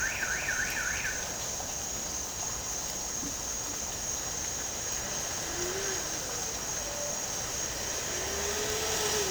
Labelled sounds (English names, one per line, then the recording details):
none
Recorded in dense forest near Puerto Asís, Putumayo, Colombia, on 12 March 2025 at 07:30
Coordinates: 0.467, -76.328
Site G041